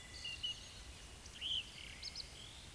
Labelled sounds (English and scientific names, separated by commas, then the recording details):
Eurasian Woodcock (Scolopax rusticola) whistle
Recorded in Baden-Württemberg, Germany, on 10 May 2021 at 19:11 UTC
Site 24606, 635 m above sea level